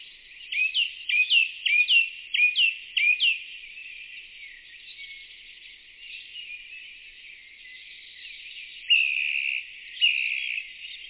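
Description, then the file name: Song thrush song: short phrases repeated several times in quick succession, then quieter notes before two louder buzzy, rasping notes near the end. "grive musicienne"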